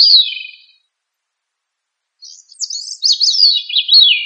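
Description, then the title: A thrush finishes a short phrase, pauses about one and a half seconds, then begins a rapid, tumbling run of high and low notes. "Familia Turdidae - Sabia"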